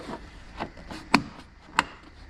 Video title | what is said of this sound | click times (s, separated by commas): How to Replace a Tail Light on a 2025 Ford Expedition (Save $$$ vs Dealer!) | Oh yeah, I heard it click. Yep, | 1.1 s, 1.8 s